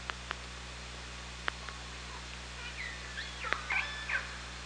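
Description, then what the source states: Killer whale calls, sharp scattered clicks at first, then a cluster of squealing harmonic calls near the end, over a low hum. Hydrophone recording from OrcaLab, 24 August 2017 at 18:36.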